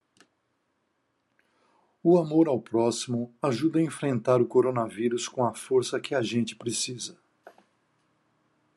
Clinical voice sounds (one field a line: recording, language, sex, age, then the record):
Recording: spoken sentence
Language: Brazilian Portuguese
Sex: male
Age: 60 to 69 years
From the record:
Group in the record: control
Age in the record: 63 years